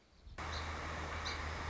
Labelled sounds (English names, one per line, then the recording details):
Song Sparrow
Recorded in Sonoma County, California